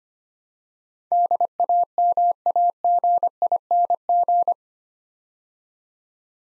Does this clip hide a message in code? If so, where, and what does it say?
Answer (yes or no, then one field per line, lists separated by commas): yes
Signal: Morse code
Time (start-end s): 1.1-4.5 s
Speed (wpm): 25 wpm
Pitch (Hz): 700 Hz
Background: none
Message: DAMAGING